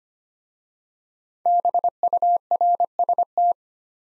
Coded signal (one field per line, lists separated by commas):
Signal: Morse code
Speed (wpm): 25 wpm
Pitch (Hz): 700 Hz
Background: none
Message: BURST